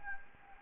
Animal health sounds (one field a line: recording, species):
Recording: mosquito wingbeat signal from an infrared sensor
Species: Anopheles gambiae